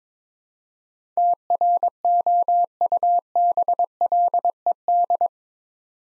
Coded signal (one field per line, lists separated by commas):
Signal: Morse code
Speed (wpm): 22 wpm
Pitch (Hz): 700 Hz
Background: none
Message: TROUBLED